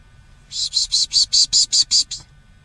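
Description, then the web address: A bird's scratchy, high chatter of several evenly spaced rasping pulses, beginning and ending sharply against a quiet background. Bexar County, Texas, USA; morning of 13 February 2006. "bexar Many Birds 20060213 AM"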